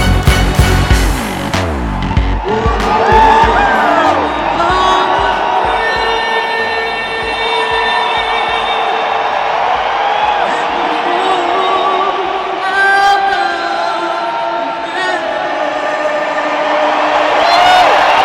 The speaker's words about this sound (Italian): Ebbene, quello che sentite è l'urlo degli 80.000 di Wembley. E beh, cosa c'è di strano, direte voi? È normale che Wembley, tempio del calcio mondiale, sia riempito da 80.000 tifosi urlanti.